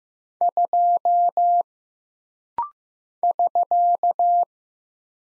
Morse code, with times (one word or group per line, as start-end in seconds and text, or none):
0.4-1.6 2
3.2-4.4 <SK>